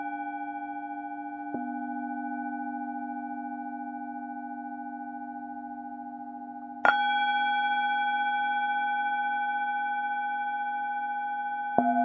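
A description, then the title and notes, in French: Tibetan singing bowls ring in long, steady tones that slowly fade. A bowl is struck at about 1.5 seconds, then a louder, brighter strike near 7 seconds adds higher ringing tones over the low hum, and a light tap follows near 12 seconds. Bols tibétains.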